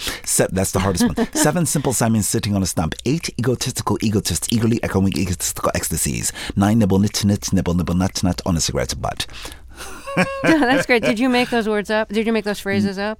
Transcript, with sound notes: that's the hardest one.
(Laughter).
Seven simple Simons sitting on a stump. Eight egotistical egotists eagerly echoing egotistical ecstasies. Nine nimble Nicks nibble, nibble nuts, not on a cigarette's butt (laughter).
That's great. Did you make those words up? Did you make those phrases up?